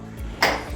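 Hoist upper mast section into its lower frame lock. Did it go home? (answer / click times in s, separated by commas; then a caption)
yes / 0.4 s. The top half of a Kera travel hoist frame is raised into its lower frame lock. A sharp metallic click at 0.4 s is followed by a brief ringing tail over a low background. The upper frame locks into place at the small yellow lever and is seated.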